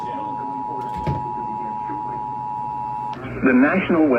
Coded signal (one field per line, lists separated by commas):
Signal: Emergency Alert System (SAME) tones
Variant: 853 and 960 Hz attention tone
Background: speech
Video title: Flash Flood Warning on WNKN-HD1 & HD2 105.9 FM (EAS #4900-4901)